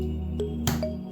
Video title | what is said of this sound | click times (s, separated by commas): HAMILTON BEACH 3 IN 1 HAND BLENDER WITH WISK - UNBOXING & REVIEW | You hear the click. Make sure it's locked. | 0.7 s